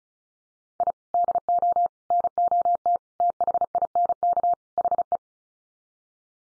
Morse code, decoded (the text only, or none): I DO NOT THINK HE